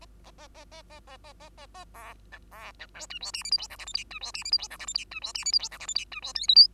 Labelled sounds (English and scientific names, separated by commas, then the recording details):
Bengalese Finch (Lonchura striata domestica) song
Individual Bird2